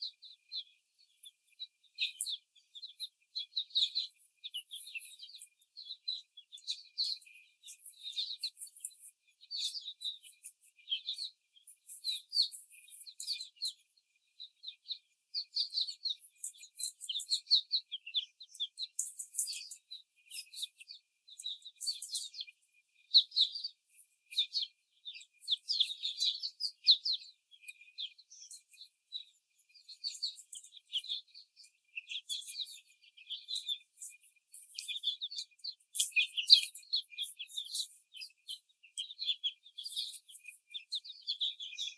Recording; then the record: young laying hens in a cage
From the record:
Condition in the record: before the stressor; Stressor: simulated dog barking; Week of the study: 4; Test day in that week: 3